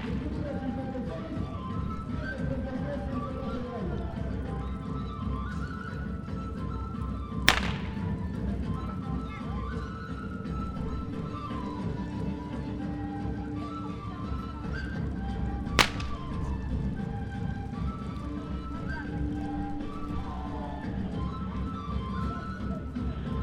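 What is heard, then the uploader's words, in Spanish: Outdoor ambience in a town plaza, with a steady murmur of voices and low rumble throughout. Scattered brighter tones drift above the crowd noise, and two sharp cracks, like a whip snapping, ring out near 7 and 16 seconds. Plaza de Layo-Canas- Cusco Oct 2019 by Alejandro Cornejo Montibeller.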